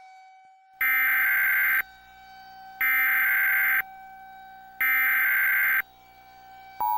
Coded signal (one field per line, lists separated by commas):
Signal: Emergency Alert System (SAME) tones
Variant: header bursts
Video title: Beyond The Index: An EAS Scenario